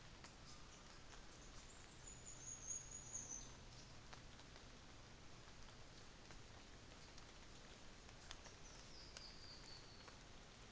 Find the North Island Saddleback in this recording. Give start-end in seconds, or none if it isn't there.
none